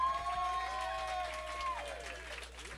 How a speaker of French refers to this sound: On l'applaudit, s'il vous plaît.